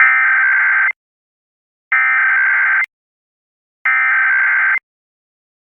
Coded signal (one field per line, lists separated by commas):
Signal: Emergency Alert System (SAME) tones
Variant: header bursts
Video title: Presidential Alert/Wireless Emergency Alert/EAS Test Announcement, October 03, 2018